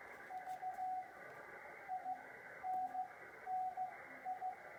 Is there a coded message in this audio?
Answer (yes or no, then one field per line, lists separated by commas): yes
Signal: Morse code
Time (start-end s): 0.3-4.5 s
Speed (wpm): 15 wpm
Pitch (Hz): 740 Hz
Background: radio noise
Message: VI NNI